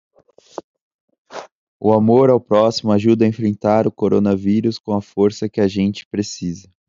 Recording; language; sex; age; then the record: spoken sentence; Brazilian Portuguese; male; 20 to 29 years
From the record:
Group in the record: control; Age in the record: 22 years